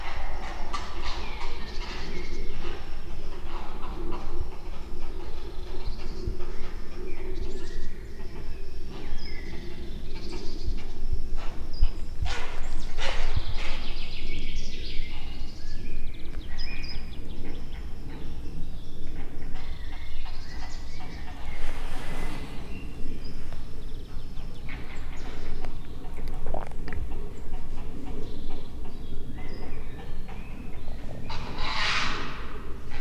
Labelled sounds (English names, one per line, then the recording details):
Grey Heron call
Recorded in the wild
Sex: diverse
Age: diverse
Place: Zielow, Müritz, Mecklenburg-Vorpommern, DE
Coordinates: 53.3631, 12.6906
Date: 1998-04-07
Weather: wolkig, 12°C
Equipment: Sony TCD-D3, Telinga Pro 5 (ohne Reflektor)
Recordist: Frommolt, Karl-Heinz